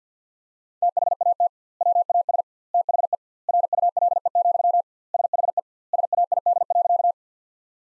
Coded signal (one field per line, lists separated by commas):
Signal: Morse code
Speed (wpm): 50 wpm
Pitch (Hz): 700 Hz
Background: none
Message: THAT WAS THE RULE, SHE SAID.